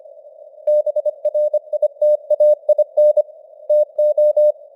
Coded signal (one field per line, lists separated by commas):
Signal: Morse code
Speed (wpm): 25 wpm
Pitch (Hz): 600 Hz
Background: none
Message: BRITAIN TO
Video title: Morse Code News | 2025-10-02 | 25wpm